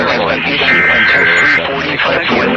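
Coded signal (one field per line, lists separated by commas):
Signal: Emergency Alert System (SAME) tones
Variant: header bursts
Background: speech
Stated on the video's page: Mock with valid tones depicting NOAA weather radio malfunctioning, suggesting a tampered ENDEC.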